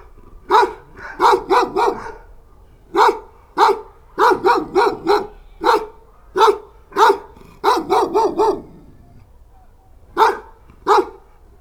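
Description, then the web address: Dogs barking in short bursts of one to four sharp barks, with brief pauses between volleys and a longer gap near the end. Watchdogs barking in a farmyard. "allathangok parasztudvar kutya hazorzokugatnak"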